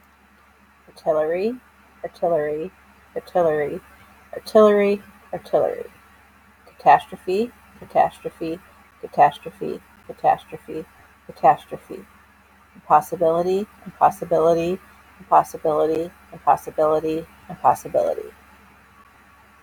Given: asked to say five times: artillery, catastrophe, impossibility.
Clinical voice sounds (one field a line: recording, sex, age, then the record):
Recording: three words, each repeated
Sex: female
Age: 30 to 39 years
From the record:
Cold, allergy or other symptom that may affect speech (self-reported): no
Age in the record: 39 years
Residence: United States